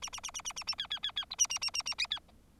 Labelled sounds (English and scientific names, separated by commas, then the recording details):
Bengalese Finch (Lonchura striata domestica) song
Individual Bird4